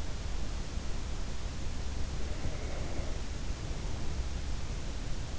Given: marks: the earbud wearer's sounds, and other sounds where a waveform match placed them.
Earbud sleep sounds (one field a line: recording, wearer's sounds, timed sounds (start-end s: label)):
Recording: sounds in sleep by an in-ear microphone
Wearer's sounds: breath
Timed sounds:
1.33-5.36 s: breath